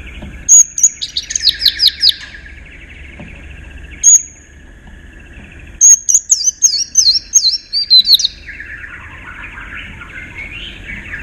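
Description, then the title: White-eye song: thin high whistled notes and short descending twittering runs in separate bursts, then softer chatter. "Pleci. Haji Ifa Kudus"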